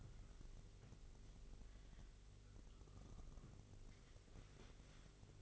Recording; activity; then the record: daily activity, microphone in the room; wipe stove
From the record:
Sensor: 4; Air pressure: 1002.4 hPa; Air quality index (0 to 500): 216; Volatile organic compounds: 12 ppm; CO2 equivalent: 2326 ppm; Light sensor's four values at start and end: 19/67/25/24 and 19/67/24/24